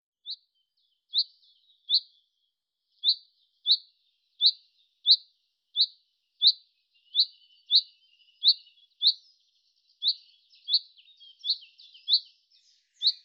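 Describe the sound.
Common chaffinch calling: a long series of short, sharp, high notes, with a few softer twittering sounds later.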